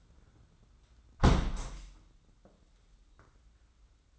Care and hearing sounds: daily activity, microphone in the room; close window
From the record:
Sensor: 3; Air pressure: 994.3 hPa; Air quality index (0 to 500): 207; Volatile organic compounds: 1000 ppm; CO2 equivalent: 6929 ppm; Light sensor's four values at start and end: 112/265/109/103 and 102/244/99/92

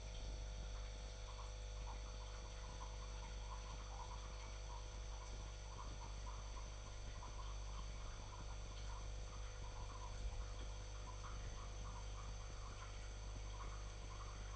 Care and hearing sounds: daily activity, microphone in the room; make coffee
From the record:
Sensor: 5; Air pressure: 1009.5 hPa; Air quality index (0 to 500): 167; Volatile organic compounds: 4 ppm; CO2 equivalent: 1623 ppm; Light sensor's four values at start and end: 95/252/103/109 and 95/252/103/109

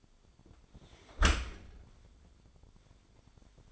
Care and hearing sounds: daily activity, microphone in the room; close dishwasher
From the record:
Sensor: 5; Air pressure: 1006.7 hPa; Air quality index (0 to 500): 187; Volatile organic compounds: 5 ppm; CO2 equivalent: 1783 ppm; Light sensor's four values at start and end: 55/153/60/61 and 55/152/60/61

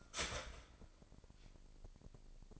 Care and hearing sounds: daily activity, microphone in the room; start toaster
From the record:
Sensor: 5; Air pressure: 1007.1 hPa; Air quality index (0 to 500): 121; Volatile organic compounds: 1 ppm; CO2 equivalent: 925 ppm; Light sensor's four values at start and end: 27/62/26/26 and 27/62/26/26

